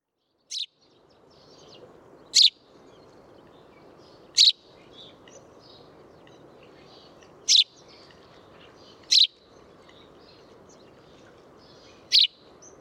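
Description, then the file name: House sparrow chirps, sharp single notes spaced one to three seconds apart, six in all, with constant low background noise. "Passer domesticus"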